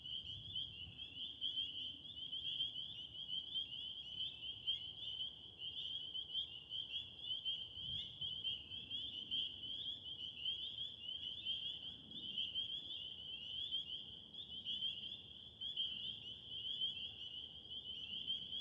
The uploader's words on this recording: Recorded in West Kingstown, Rhode Island on Liberty Road near the Great Swamp. Peepers and all the other critters came out. Peepers, Woodcocks & Trains.